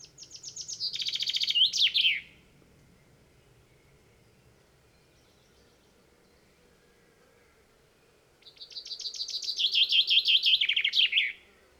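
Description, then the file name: Common chaffinch singing two song phrases with a long pause between, each an accelerating cascade of sharp notes finishing with a squeaky terminal flourish. "Fringilla coelebs"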